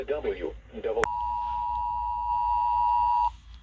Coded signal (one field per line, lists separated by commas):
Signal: Emergency Alert System (SAME) tones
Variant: 853 and 960 Hz attention tone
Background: speech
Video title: EAS #46-56: EAS Alerts from 6/9/2021